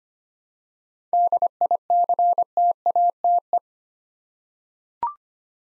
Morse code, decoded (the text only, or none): DICTATE